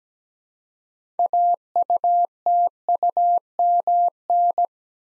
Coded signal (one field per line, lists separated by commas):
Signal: Morse code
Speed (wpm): 17 wpm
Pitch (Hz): 700 Hz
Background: none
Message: AUTUMN